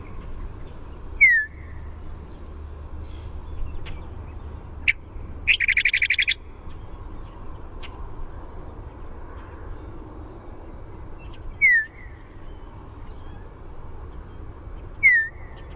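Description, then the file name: Western meadowlark whistles, three short slurred notes each sliding downward, spaced several seconds apart, with a brief buzzy rattle and a few clicks between them over low rumble. Chupp whistle call type. "WEME chupp whistle"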